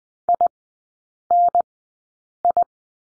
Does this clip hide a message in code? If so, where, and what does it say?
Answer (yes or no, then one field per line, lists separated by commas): yes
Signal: Morse code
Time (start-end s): 0.3-2.6 s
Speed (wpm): 20 wpm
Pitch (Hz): 700 Hz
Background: none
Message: INI